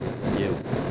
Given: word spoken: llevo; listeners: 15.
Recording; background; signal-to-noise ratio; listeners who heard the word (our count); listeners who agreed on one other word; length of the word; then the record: one Spanish word in noise, from a listening test; noise modulated by three-talker babble; -3.2 dB; 2 of 15; 6 of 15; 0.51 s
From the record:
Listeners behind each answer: 6, 3, 2, 2, 1, 1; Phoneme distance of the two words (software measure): 24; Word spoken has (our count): 2 syllables, 4 phonemes, stress on syllable 1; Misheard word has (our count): 2 syllables, 4 phonemes, stress on syllable 1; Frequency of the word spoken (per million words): 18.66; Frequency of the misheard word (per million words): 20.91